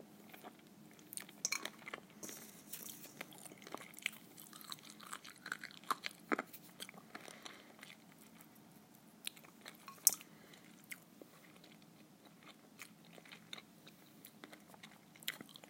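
Someone is eating, with crisp chewing and crunching sounds that come in quick irregular bursts throughout. The bites are sharp and bright, denser in the first few seconds, with a louder snap near ten seconds, over a quiet hush.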